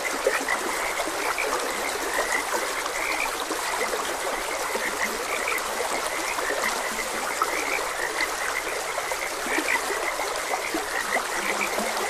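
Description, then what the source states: Frog chirps scattered through a steady wash of stream water. Frogs croaking beside a gentle stream.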